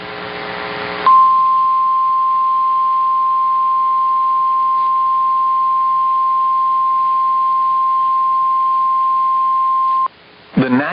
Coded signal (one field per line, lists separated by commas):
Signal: Emergency Alert System (SAME) tones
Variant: 1050 Hz attention tone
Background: speech